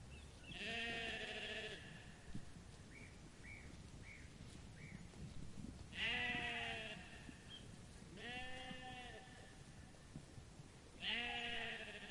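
Sheep bleating, four long wavering bleats with strong harmonics, with a few softer short calls between them.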